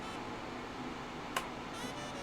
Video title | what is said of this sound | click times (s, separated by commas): Northgate Omnikey Ultra-T with Alps SKCM Cream Restoration Build Stream - VOD | Yeah, that one wasn't seated well. | 1.4 s